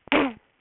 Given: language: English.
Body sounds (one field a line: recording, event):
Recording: throat vibration sensor signal played as sound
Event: throat clearing